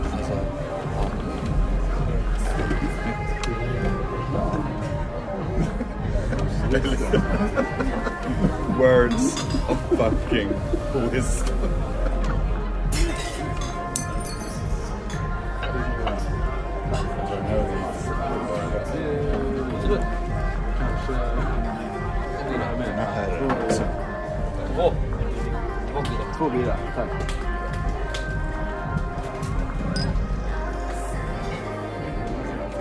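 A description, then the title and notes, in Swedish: Murmuring bar sounds: a dense, steady babble of many overlapping voices with no single speaker standing out. Glasses and dishes clink now and then, most clearly around the 9, 14 and 24 second marks, over a constant low rumble. Baren. En timme sorlande barljud.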